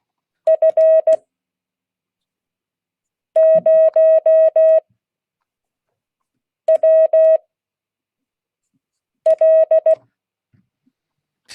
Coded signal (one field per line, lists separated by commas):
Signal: Morse code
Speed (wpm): 16 wpm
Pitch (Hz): 640 Hz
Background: none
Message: F0WL